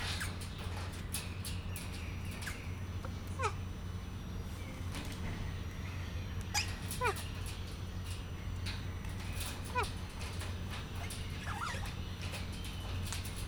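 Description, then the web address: Bare-eyed cockatoo calls: short whistled notes sliding sharply downward, given singly at irregular intervals over a steady low hum. Captive bird at a zoo in Miskolc, recorded 2018, described as slightly indisposed. "csupaszszemu kakadu kisseindiszponaltan miskolczoo"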